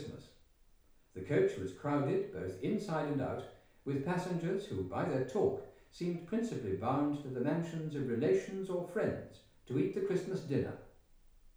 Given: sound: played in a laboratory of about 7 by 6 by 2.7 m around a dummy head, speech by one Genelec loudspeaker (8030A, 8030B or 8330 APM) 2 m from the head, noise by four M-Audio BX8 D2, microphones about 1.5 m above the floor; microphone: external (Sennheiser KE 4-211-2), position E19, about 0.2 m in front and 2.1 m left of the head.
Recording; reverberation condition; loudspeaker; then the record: male speech in English; medium; 30 degrees to the left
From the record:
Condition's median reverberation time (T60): about 510 ms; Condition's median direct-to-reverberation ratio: about -0.5 dB